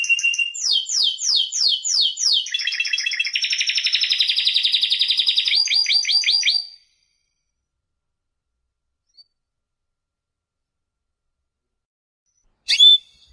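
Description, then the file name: Canary song: rapid trills of repeated high notes shifting into a dense buzzy rolling phrase, then silence for six seconds before a brief final chirp. "chant canari birdsforalldz"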